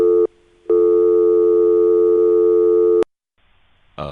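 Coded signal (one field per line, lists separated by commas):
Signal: telephone call progress tone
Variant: North America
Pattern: dial tone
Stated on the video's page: Call progress tones from Siemens motor switching exchanges, a European system, in Florida's telephone network in 1978.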